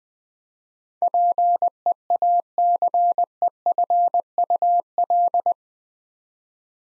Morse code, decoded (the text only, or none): PEACEFUL